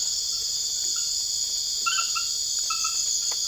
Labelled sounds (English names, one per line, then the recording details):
none
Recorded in secondary vegetation near Puerto Asís, Putumayo, Colombia, on 8 March 2025 at 00:30
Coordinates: 0.488, -76.319
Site G095